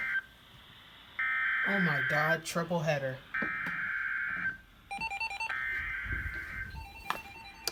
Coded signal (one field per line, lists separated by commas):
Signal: Emergency Alert System (SAME) tones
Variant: header bursts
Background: speech